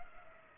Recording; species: mosquito wingbeat signal from an infrared sensor; Culex pipiens